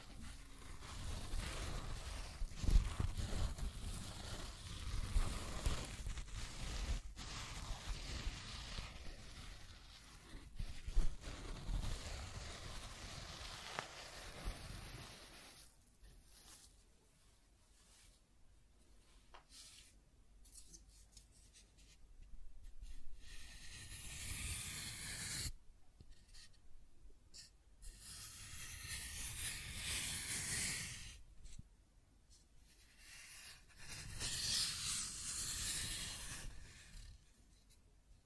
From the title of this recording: Scratching and Tracing Sounds